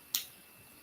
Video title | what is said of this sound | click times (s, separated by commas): Noelani Floral Necklace | Hear that click? So, you know it's fully closed. | 0.2 s